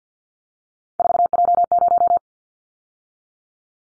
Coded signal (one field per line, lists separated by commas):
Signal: Morse code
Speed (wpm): 50 wpm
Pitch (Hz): 700 Hz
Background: none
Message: 4J0